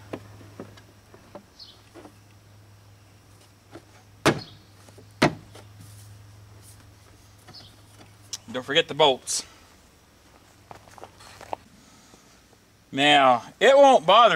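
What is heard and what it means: A plastic taillight housing on a Ford Flex, being refitted after a foggy-taillight fix, is slid back onto the body so its two dowel pins go into the plastic retainers, under a steady low hum and light handling ticks. It snaps into place with a sharp hit at 5.2 s, followed by scattered small clicks; afterward someone talks.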